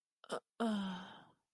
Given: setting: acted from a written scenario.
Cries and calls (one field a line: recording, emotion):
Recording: vocal sound without words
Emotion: guilt